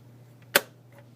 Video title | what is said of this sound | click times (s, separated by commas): Chocolate Chip Cookies | Now, when the beers go into the mixer, we need to make sure that they click | 0.6 s